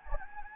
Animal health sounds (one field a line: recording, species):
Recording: mosquito wingbeat signal from an infrared sensor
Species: Anopheles gambiae